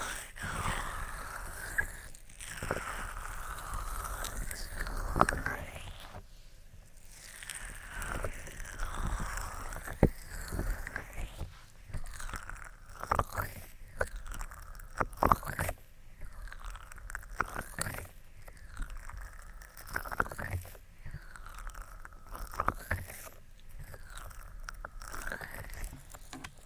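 Ear attention triggers made with the hands: soft rubbing and cupping sounds swell and fade in repeated waves, about every two to three seconds. Sharp taps and crisp, crunchy clicks punctuate the rustling throughout, with a faint low rumble underneath.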